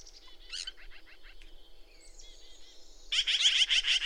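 Bird song: thin, high chirps and short trills in a soft, varied stream, swelling into a louder run of rapid, bright repeated notes near the end.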